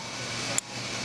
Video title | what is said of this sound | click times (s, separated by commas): VR Tuned ECU Tuning Box Kit Install guide Mini Cooper F56 | You're going to hear a nice click like that and then engage the lock tab. | 0.6 s